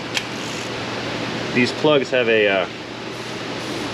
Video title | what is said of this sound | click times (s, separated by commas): Flashing Engine Warning! Honda Civic catalyst Damage P0301 P0302 P0303 P0304 P0300 | washer on them that has to be crushed. That one clicked. | 0.2 s